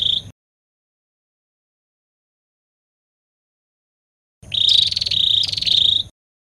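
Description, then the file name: Prinia song: the tail of one phrase, a long silence, then a longer high phrase of three rapid, buzzy trilled sections. "suara burung perenjak kamboja. omkicau"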